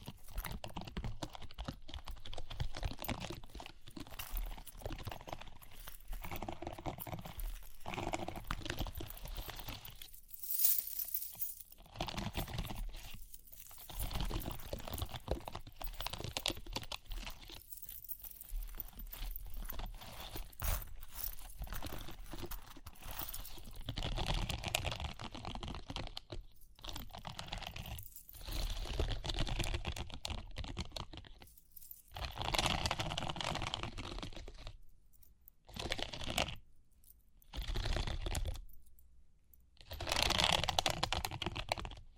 Tapping, Scratching, Ear Cleaning with Jingling Sounds